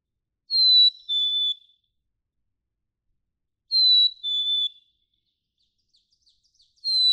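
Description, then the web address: Black-capped chickadee whistling its sweet two-note song, high then a step lower, twice about three seconds apart, with faint ticking notes before a third phrase begins. "birdsongforthecurious Black-capped Chickadee"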